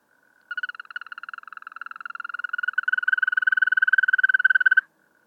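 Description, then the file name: European green toad giving a long, even, pulsed trill lasting about four seconds, cutting off sharply. "Wechselkröte"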